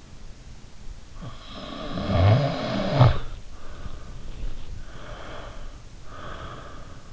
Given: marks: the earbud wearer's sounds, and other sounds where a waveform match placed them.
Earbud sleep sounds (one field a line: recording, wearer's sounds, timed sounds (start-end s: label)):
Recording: sounds in sleep by an in-ear microphone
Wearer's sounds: snoring breath, breath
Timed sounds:
1.15-4.45 s: snoring breath
4.74-7.01 s: breath